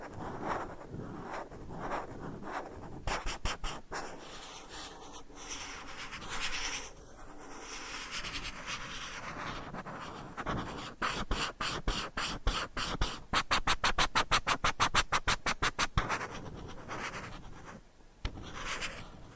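Scratching, tapping and rubbing, starting with soft, uneven brushing and scraping strokes. From about ten seconds a fast, regular run of crisp taps builds up and continues until near the end. It then gives way to a quieter patch before a few final strokes.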